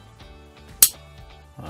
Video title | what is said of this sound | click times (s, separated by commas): Jurassic World Dominion Dinosaur Lego Quetzalcoatlus Plane Ambush AdventureFun Toy Review! | right, it's got that nice satisfying snap. | 0.8 s